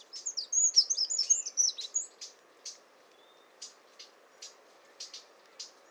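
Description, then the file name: Eurasian wren song: a fast, loud burst of high trills and warbles lasting about two seconds, followed by scattered sharp ticking notes. "Troglodytes troglodytes"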